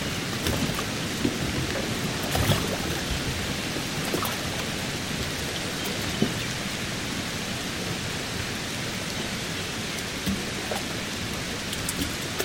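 Rain patters steadily over the water of a marina, a dense, even hiss with scattered sharper drops and small clicks. A low rumble sits underneath throughout, and a few brief knocks stand out near two and a half and six seconds.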